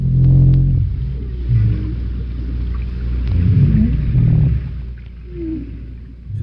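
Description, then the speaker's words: North Atlantic right whale moans: deep, low moans over a steady low rumble. Deep moans recorded just off Martha's Vineyard, Massachusetts. "Deep moans here. North Atlantic right whale. This is just off Martha's Vineyard in Massachusetts."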